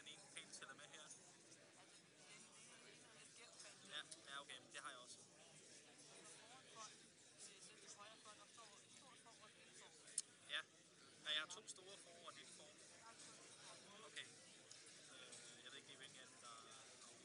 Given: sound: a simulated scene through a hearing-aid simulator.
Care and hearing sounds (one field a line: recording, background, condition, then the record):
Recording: conversation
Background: cafeteria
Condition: -4 dB SNR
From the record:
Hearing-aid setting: standard clinical setting (NAL)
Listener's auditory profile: C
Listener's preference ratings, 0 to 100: 9, 36, 39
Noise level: 65 dB SPL